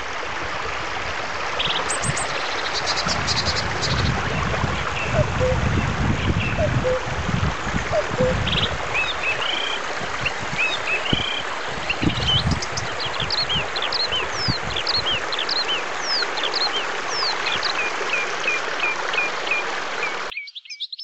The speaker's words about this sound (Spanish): Comía escuchando el canto de las aves y el sonido del arroyuelo.